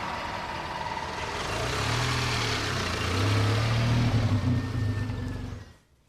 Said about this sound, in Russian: Садятся в машину и уезжают.